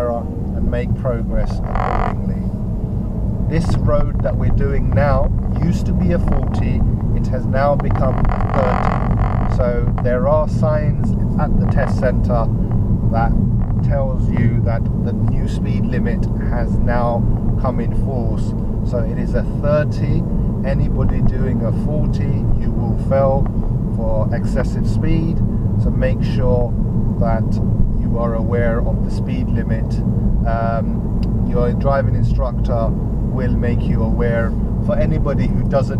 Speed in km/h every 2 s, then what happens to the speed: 27, 32, 35, 39, 40, 42, 44, 44, 44, 44, 44, 44, 44, 44, 44, 45, 47, 47.
0-11 speeds up to 44. 11-36 steady at about 44.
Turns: none.